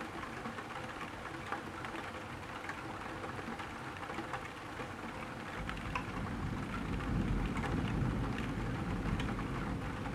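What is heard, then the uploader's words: Rain ticks steadily on a window glass, a dense patter of small bright taps throughout. Low thunder rumbles underneath, swelling in the second half and peaking around seven to nine seconds before easing slightly. No birdsong stands out. Tickling rain on a tilted window, while thunder keeps rumbling regularly.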